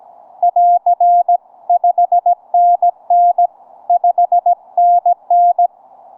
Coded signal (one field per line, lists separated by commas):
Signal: Morse code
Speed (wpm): 20 wpm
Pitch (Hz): 700 Hz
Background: none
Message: <AR> 5NN 5NN